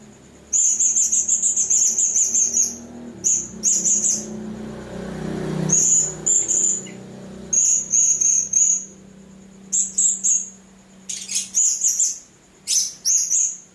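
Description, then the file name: Hanging parrot chattering almost continuously in high, buzzy, shrill bursts, with a low rumbling hum in the background. "serindit"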